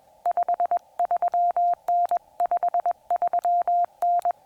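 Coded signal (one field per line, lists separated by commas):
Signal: Morse code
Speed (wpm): 21 wpm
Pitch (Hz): 700 Hz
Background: none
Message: 53N 53N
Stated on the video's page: Morse during combined POTA and SOTA summit activation, on 15 meters and on 144.200 MHz 2 meters.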